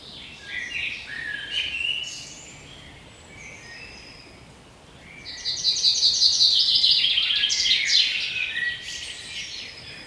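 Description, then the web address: Bird song: scattered high chirps for the first few seconds, then a loud, rapid, trilled phrase lasting about four seconds. "Fugle naturlyde"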